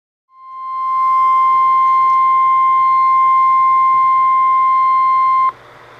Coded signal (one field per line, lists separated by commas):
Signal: Emergency Alert System (SAME) tones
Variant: 1050 Hz attention tone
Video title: EAS #258-260 - Required Weekly Tests